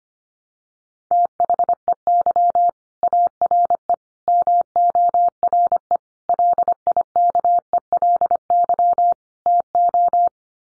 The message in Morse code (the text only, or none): THEY ARE MORE LIKELY TO